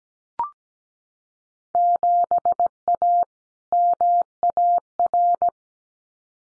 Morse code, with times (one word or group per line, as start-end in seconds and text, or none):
1.7-3.2 7A
3.7-5.5 MAR